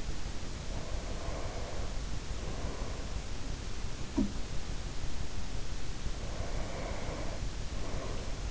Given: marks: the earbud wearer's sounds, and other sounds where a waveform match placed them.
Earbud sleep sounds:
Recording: sounds in sleep by an in-ear microphone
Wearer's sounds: breath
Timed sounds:
0.55-3.31 s: breath
3.93-4.51 s: sound from someone else or the room
6.07-8.51 s: breath

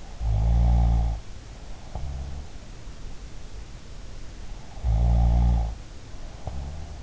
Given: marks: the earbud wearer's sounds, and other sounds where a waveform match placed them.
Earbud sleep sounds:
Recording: sounds in sleep by an in-ear microphone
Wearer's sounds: snoring breath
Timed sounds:
0.18-2.47 s: snoring breath
4.64-7.03 s: snoring breath

